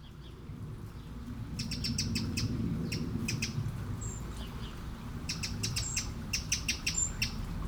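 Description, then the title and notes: Eurasian blackbird calls: quiet start, then loose series of clicking ticks and several thin high whistled notes, with low water noise throughout. One blackbird by a small river in Aveize, France, 12 July 2017; recorded with a DPA-2006c pair in AB position on a MixPre-3. "69610 Aveize, France - Merle - Blackbird. 20170712-Merle et ruisseau. Bord de ruisseau, un merle, quelques mouches, des avions au loin"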